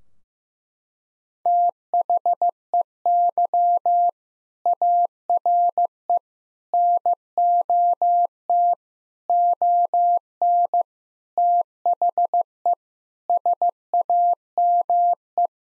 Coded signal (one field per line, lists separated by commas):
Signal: Morse code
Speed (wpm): 15 wpm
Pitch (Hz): 700 Hz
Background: none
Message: THEY ARE NOT ON THE SAME